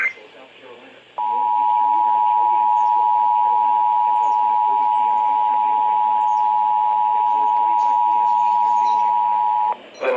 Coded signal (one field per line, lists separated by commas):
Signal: Emergency Alert System (SAME) tones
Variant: 853 and 960 Hz attention tone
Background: speech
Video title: FRIDAY THE 13TH SHITE... EAS Alerts from 9/13/19 (EAS #3,330 - 3,350)